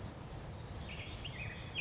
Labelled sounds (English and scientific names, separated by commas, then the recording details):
Blue-gray Gnatcatcher (Polioptila caerulea)
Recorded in Sonoma County, California